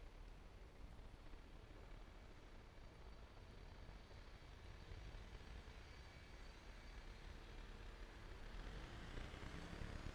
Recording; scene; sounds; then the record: everyday scene through a hearing-aid microphone; in traffic; traffic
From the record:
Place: main road on the outskirts, rush hour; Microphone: behind the ear, right, rear